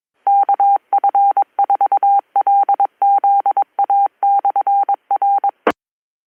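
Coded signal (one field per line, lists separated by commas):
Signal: Morse code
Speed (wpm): 22 wpm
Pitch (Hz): 800 Hz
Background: none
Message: KF4LZA/R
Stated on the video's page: Live amateur radio club net.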